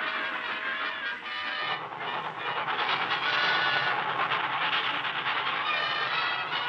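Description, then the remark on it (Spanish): A train pulls away from the station yard with a loud, steady rush of clattering and hissing, the rhythmic chug building slightly after the first couple of seconds, with thin metallic whines over the noise. “Como fuente de propulsión salió del patio de la estación”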